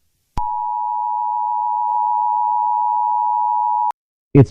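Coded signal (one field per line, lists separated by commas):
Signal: Emergency Alert System (SAME) tones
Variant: 853 and 960 Hz attention tone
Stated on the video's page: Test of a self-made low-level emergency transmission system, not a real alert.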